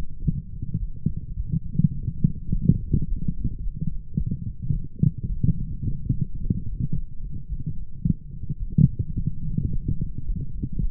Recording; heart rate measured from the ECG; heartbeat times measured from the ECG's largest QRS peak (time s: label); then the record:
heart sounds by stethoscope; 108 bpm
0.21 s: heartbeat
0.78 s: heartbeat
1.34 s: heartbeat
1.92 s: heartbeat
2.48 s: heartbeat
3.04 s: heartbeat
3.59 s: heartbeat
4.15 s: heartbeat
4.70 s: heartbeat
5.27 s: heartbeat
5.83 s: heartbeat
6.38 s: heartbeat
6.92 s: heartbeat
7.47 s: heartbeat
8.02 s: heartbeat
8.57 s: heartbeat
9.13 s: heartbeat
9.68 s: heartbeat
10.23 s: heartbeat
10.77 s: heartbeat
From the record:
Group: healthy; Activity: light exercise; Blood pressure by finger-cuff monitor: 129/79 mmHg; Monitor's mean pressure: 95 mmHg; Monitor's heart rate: 107 bpm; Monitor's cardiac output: 8.4 L/min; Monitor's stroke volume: 78 mL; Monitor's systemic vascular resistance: 810 dyn s/cm5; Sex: female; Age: 26 years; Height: 165 cm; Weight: 55 kg